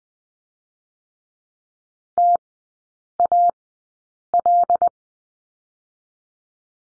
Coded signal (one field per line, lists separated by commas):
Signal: Morse code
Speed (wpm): 20 wpm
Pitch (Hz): 700 Hz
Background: none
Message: T A L